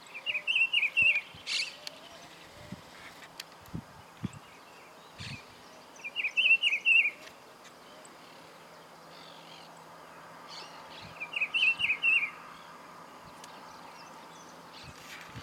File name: Juan-Chiviro Voz